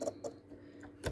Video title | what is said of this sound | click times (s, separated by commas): sew button (s) and buttonholes with sewing machine - Aerybeth Beginner Sewing | and you can kind of move it around till it catches and you'll hear it click okay so you put that up | 1.1 s